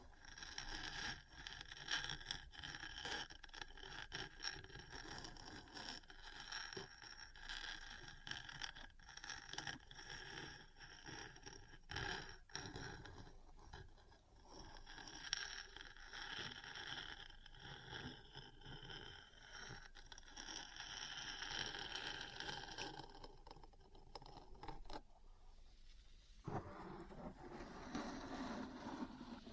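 Metal parts tap and scratch almost continuously, with dense, bright grinding and frequent clicks, briefly quieting near twenty-six seconds before resuming.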